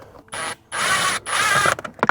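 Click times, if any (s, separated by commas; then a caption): 2.0 s, 2.1 s. A driver turns a Torx screw holding the blower motor in the dashboard HVAC housing of a 2003 4Runner, producing three bursts of broadband whirring with a faint high whine. The driver then slips in the screw head with sharp ratcheting clicks at 2.0 and 2.1 seconds. The screw head is stripped.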